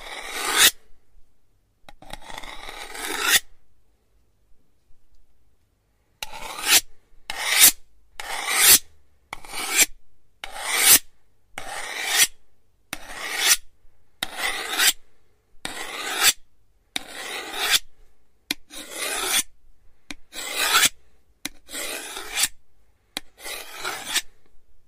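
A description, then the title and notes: A knife is drawn across a sharpening stone in repeated gritty, raspy strokes, bright. After a few irregular passes and a pause of about three seconds, the strokes settle into a steady rhythm of roughly one per second. Super sharp knife sharpening.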